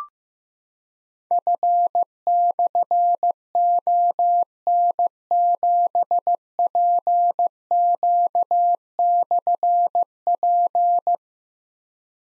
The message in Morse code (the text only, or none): F/ON7PQ/P